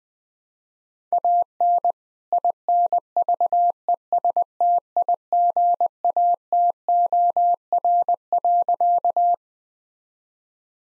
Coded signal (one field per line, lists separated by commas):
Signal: Morse code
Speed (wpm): 21 wpm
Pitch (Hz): 700 Hz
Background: none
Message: AN INVESTIGATOR.